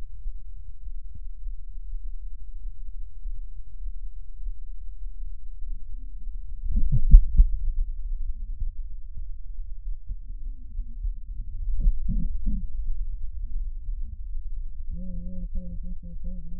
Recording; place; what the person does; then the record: lung sounds by stethoscope; right posterior apical chest; quiet breathing, then cough and speech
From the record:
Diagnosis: interstitial lung disease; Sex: female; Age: 70 years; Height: 160 cm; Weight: 93 kg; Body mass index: 36.3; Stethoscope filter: bell mode